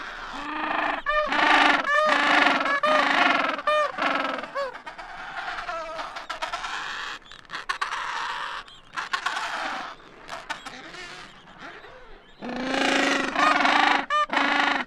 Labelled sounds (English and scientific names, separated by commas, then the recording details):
Gentoo Penguin (Pygoscelis papua) call
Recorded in the wild
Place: Kopaitic Island, Antarctica, AQ
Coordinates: -63.18, -57.55
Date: 2018-12-31
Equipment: Olympus LS-100, Sennheiser ME66
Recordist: Beaulieu, Michaël